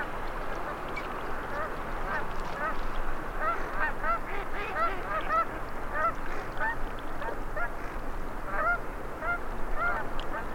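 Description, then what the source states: Ducks calling as a flock, a dense overlapping chorus of nasal honking and quacking notes with short clear whistles scattered through after the first few seconds, steady noise beneath. Male and female migratory ducks.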